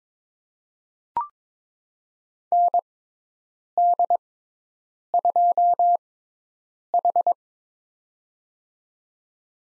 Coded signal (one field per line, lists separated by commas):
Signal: Morse code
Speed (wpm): 22 wpm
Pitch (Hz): 700 Hz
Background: none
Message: ND2H